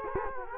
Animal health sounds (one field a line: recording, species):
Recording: mosquito wingbeat signal from an infrared sensor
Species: Culex quinquefasciatus